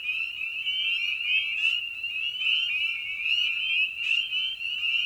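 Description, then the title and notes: Spring peeper chorus, a dense wall of high, rising peeps overlapping continuously, with a few sharper peeps standing out above the steady ringing. Evening at a frog pond. "Episode 5: Night of the Peepers. we return to the frog pond for a meditative evening. Species in Focus: Spring Peeper (Pseudacris crucifer). Ian Carlsen"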